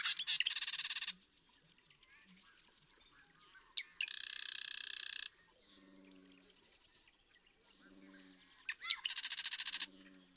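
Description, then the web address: Marsh Wren: three fast buzzy rattles, the later two with ticking lead-ins; soft, low, harmonic calls sound between and after the later songs. "birdsongforthecurious Marsh Wren"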